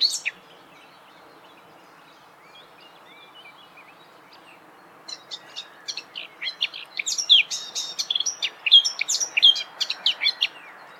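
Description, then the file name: Eurasian blackcap song: a brief note at the very start, about five quiet seconds, then a rapid, chattering warble of mixed notes that builds in volume, with a faint hiss beneath. "Sylvia atricapilla"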